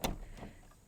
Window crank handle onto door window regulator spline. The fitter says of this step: push it on and it snaps back into position and